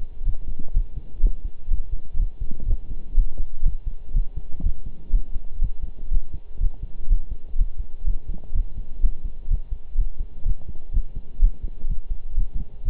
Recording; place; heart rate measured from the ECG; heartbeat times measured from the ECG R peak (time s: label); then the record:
heart sounds by stethoscope; between the tricuspid and mitral areas; 124 bpm
0.25 s: heartbeat
0.74 s: heartbeat
1.23 s: heartbeat
1.71 s: heartbeat
2.19 s: heartbeat
2.68 s: heartbeat
3.17 s: heartbeat
3.65 s: heartbeat
4.14 s: heartbeat
4.64 s: heartbeat
5.13 s: heartbeat
5.62 s: heartbeat
6.11 s: heartbeat
6.61 s: heartbeat
7.10 s: heartbeat
7.58 s: heartbeat
8.06 s: heartbeat
8.55 s: heartbeat
9.03 s: heartbeat
9.50 s: heartbeat
9.98 s: heartbeat
10.46 s: heartbeat
10.94 s: heartbeat
11.42 s: heartbeat
11.89 s: heartbeat
12.37 s: heartbeat
12.85 s: heartbeat
From the record:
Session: pedaling a stationary bicycle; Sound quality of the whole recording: partially saturated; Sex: male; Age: 23 years